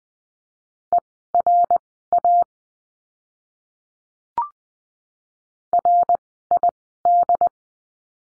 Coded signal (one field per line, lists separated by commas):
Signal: Morse code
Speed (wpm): 20 wpm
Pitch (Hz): 700 Hz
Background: none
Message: ERA RID